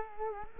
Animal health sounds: mosquito wingbeat signal from an infrared sensor; Culex quinquefasciatus

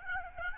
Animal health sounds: mosquito wingbeat signal from an infrared sensor; Aedes albopictus

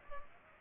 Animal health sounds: mosquito wingbeat signal from an infrared sensor; Culex pipiens

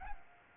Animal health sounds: mosquito wingbeat signal from an infrared sensor; Aedes albopictus

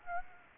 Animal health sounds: mosquito wingbeat signal from an infrared sensor; Aedes aegypti

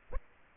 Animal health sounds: mosquito wingbeat signal from an infrared sensor; Aedes aegypti

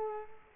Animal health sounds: mosquito wingbeat signal from an infrared sensor; Culex quinquefasciatus

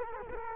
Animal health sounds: mosquito wingbeat signal from an infrared sensor; Culex quinquefasciatus

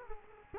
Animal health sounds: mosquito wingbeat signal from an infrared sensor; Culex quinquefasciatus

